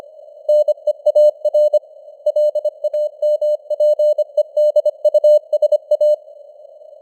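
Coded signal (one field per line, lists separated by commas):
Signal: Morse code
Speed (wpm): 25 wpm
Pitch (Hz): 600 Hz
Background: none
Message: NEAR LAMPEDUSA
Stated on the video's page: News headlines in Morse at 25 wpm with simulated radio noise and varying signal strength (QSB).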